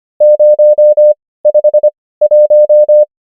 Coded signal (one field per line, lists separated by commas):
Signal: Morse code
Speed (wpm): 25 wpm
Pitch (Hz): 600 Hz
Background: none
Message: 051